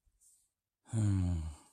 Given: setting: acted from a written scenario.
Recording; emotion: vocal sound without words; confusion